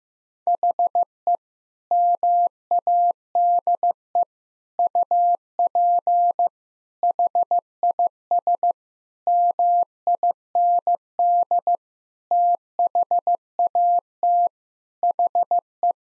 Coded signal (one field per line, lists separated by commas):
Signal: Morse code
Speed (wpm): 15 wpm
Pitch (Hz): 700 Hz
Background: none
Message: HE MADE UP HIS MIND THAT HE